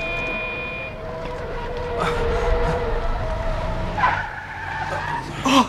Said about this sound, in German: Vorsicht, das Auto! Oh nein!